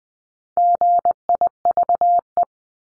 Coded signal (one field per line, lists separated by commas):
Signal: Morse code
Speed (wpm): 20 wpm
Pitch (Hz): 700 Hz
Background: none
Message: GIVE